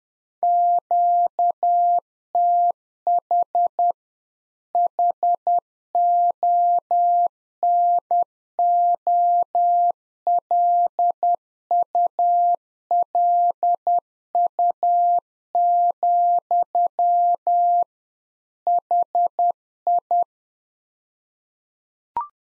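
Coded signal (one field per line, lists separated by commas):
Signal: Morse code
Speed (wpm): 10 wpm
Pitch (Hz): 700 Hz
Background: none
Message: QTH HONOLULU, HI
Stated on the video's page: Practice QSO in Morse code at 10 wpm, one-sided, for head-copy training.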